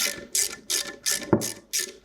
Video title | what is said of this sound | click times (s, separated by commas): How To Use The EJ SOHC Valve Spring Compressor Tool by Company 23 | And you hear it pop. That was actually the keepers letting go. | 1.3 s